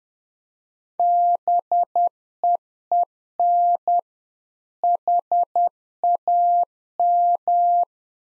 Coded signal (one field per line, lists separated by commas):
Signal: Morse code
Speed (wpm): 10 wpm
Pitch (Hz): 700 Hz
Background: none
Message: BEEN HAM